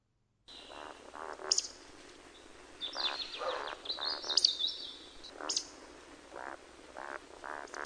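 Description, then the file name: Eurasian woodcock roding calls: short runs of low, throaty grunting croaks, each run followed by a sharp, high, thin squeaking whistle; otherwise quiet background. "Beccaccia"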